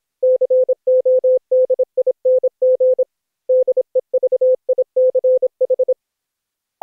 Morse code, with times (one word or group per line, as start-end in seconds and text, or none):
0.2-3.0 CODING
3.5-5.9 DEVICH